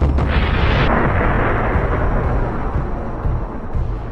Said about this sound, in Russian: За считанные мгновения, пролетев все ущелье, оно врезалось в скалы и с чудовищным, оглушающим звуком лопнуло, разбрызгивая потоки все сжигающего пламени.